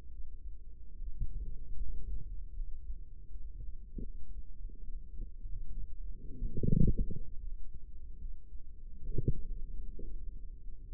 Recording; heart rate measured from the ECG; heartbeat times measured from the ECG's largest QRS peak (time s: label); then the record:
heart sounds by microphone in the right ear; 73 bpm
0.07 s: heartbeat
0.95 s: heartbeat
1.77 s: heartbeat
2.53 s: heartbeat
3.26 s: heartbeat
4.01 s: heartbeat
4.84 s: heartbeat
5.71 s: heartbeat
6.58 s: heartbeat
7.39 s: heartbeat
8.17 s: heartbeat
9.03 s: heartbeat
9.91 s: heartbeat
10.79 s: heartbeat
From the record:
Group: healthy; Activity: rest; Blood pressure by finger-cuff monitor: 110/72 mmHg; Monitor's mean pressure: 88 mmHg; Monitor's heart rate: 69 bpm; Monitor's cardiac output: 5.5 L/min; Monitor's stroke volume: 77 mL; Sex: male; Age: 35 years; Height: 178 cm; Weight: 64 kg